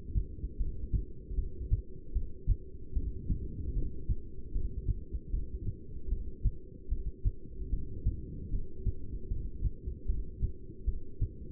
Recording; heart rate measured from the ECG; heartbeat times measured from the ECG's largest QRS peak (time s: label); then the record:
heart sounds by stethoscope; 76 bpm
0.58 s: heartbeat
1.36 s: heartbeat
2.14 s: heartbeat
2.94 s: heartbeat
3.74 s: heartbeat
4.53 s: heartbeat
5.31 s: heartbeat
6.10 s: heartbeat
6.90 s: heartbeat
7.71 s: heartbeat
8.51 s: heartbeat
9.29 s: heartbeat
10.07 s: heartbeat
10.86 s: heartbeat
From the record:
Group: heart failure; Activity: rest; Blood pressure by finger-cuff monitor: 170/110 mmHg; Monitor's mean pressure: 132 mmHg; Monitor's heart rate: 76 bpm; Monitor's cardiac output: 7.7 L/min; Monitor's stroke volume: 102 mL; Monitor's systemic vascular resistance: 1270 dyn s/cm5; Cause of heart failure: non-ischemic cardiomyopathy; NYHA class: 1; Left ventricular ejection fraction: 62%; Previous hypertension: present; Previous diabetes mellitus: present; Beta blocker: bisoprolol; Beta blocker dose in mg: 10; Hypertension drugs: sacubitril-valsartan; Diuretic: furosemide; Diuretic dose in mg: 20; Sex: male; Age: 49 years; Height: 167 cm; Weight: 110 kg